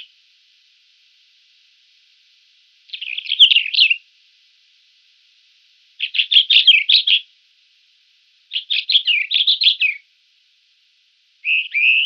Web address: Schulze Peter White-crowned Wheatear song